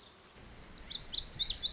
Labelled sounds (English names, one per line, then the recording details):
Lazuli Bunting
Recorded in Sonoma County, California